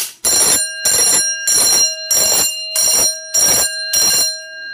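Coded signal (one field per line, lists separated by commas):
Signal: alarm pattern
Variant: fire alert bell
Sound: an electric bell rings in 7 evenly pulsed bursts over a steady hum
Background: small room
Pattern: 7 rings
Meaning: Alert for an incoming fire department call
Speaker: I can set it off manually by using the Pull Station again the Pull Station isn't really necessary it was mainly just kind of for look and feel um but when it's activated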